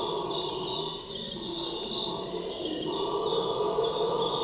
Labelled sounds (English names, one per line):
none